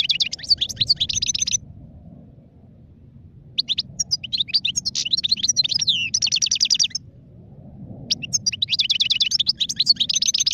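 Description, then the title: European goldfinch song in three bursts of quick tinkling twitters and trills separated by pauses, over a steady low rumbling hum. "غناءالحسون الخلوي chant chardonneret sauvage"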